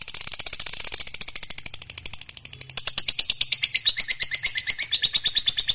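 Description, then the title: Lovebird song: quick, even chattering of shrill notes, growing louder in the second half. "Suara Lovebird Ini"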